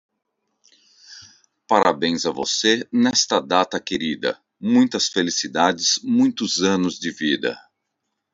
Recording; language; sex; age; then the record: short text; Brazilian Portuguese; male; 40 to 49 years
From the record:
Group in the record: control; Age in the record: 43 years